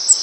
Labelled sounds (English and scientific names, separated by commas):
Cape May Warbler (Setophaga tigrina) flight call